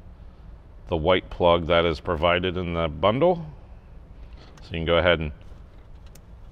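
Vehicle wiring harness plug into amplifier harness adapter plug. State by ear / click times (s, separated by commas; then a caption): seated / 6.2 s. A man talks as the factory white wiring harness plug of a 2007–2018 Jeep JK Wrangler is pushed into the matching white plug adapter from a Kicker plug-and-play 5-channel amp and subwoofer bundle. A short sharp click sounds at 6.2 s, right after a brief hit, and the plug is seated.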